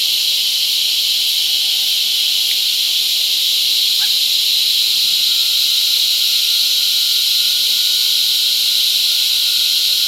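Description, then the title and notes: Cicadas droning in a steady, loud, hissing buzz that never lets up, with a thin faint whistle-like tone held underneath and a brief click near four seconds. Cicadas mating, La Convención, Peru. "Apareamiento De Cigarras La Convención Peru by Alejandro Cornejo Montibeller"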